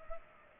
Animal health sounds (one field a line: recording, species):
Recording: mosquito wingbeat signal from an infrared sensor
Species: Culex pipiens